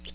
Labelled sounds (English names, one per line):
Ovenbird flight call